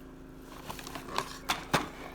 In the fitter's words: And you're just gonna squeeze this until you hear it click into place.